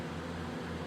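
A fog light wiring connector for an LED fog light is being worked through its fog light mount while a steady broadband hum and low rumble continue, with no distinct transients. Nothing has seated or clicked yet.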